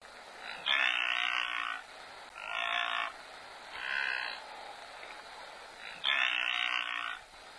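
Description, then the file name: Wildebeest giving four harsh nasal grunts, each roughly a second long, with pauses between them. "Gnou"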